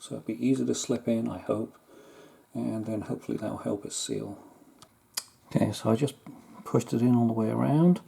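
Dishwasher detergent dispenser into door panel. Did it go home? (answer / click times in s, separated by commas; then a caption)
partly / 5.2 s. A replacement plastic soap dispenser for a Bosch SHU42L dishwasher, with Vaseline on its seal, is pushed into the sheet-metal door panel while someone talks. A single sharp snap is heard at 5.2 s, but the dispenser is only partly engaged: not all of its snaps have gone past the metal tabs, which later have to be tapped home with a screwdriver handle.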